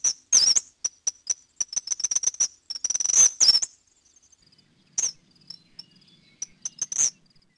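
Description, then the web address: Eastern kingbird calling with rapid high chips and two electric, sputtering buzzes early on, then scattered sharp notes after a short pause. "Peterson North American Birds iso sound eaki"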